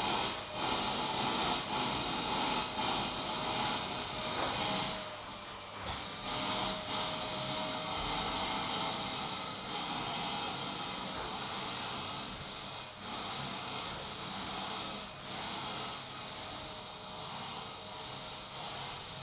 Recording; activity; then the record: daily activity, microphone in the room; vacuum cleaning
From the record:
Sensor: 3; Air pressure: 1010.2 hPa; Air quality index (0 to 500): 171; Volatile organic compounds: 10 ppm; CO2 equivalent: 2232 ppm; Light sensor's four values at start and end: 46/115/50/55 and 47/116/50/55